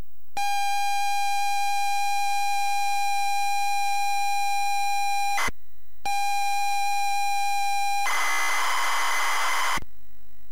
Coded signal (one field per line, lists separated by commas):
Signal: ZX Spectrum tape loading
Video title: Commodore C64 and ZX Spectrum Paperboy Loading times and quick game play compare